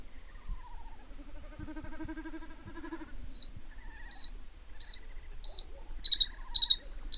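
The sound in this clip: Bluethroat calling: a soft buzzy phrase, then sharp high metallic notes repeated, coming faster toward the end.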